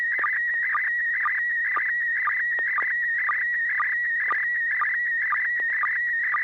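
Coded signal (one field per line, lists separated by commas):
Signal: SSTV (slow-scan television)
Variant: PD120 mode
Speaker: PD 120 um here's an image of my sound card and cabling setup that I'm using to transmit on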